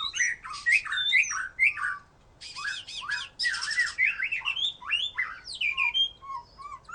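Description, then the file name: White-rumped shama pouring out continuous rapid song, harsh rattling bursts mixed with sweet slurred whistles and scratchy notes, one brief pause midway. "murai batu"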